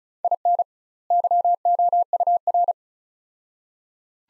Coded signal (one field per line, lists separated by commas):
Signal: Morse code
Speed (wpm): 36 wpm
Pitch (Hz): 700 Hz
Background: none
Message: IN YOUR